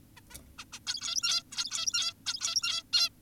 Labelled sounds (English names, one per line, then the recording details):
Zebra Finch
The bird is an adult
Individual g17y2U